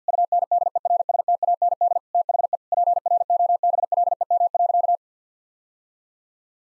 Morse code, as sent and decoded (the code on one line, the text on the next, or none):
..- -. -.. . .-. ... - .- -. -.. / - .... . / .--. .-. --- -... .-.. . -- .-.-.-
UNDERSTAND THE PROBLEM.